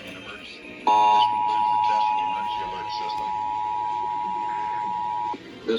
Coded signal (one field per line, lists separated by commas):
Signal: Emergency Alert System (SAME) tones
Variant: 853 and 960 Hz attention tone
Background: speech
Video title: Tests And Alerts - EAS 1145 - 1239-